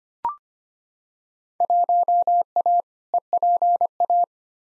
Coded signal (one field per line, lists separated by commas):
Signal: Morse code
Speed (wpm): 25 wpm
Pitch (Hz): 700 Hz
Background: none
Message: 1A EPA